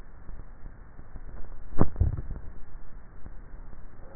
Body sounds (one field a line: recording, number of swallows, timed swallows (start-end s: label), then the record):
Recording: swallowing sounds by neck microphone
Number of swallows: 1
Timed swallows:
1.82-2.58 s: swallow
From the record:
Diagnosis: dysphagia